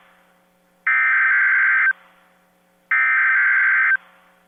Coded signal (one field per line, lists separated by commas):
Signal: Emergency Alert System (SAME) tones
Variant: header bursts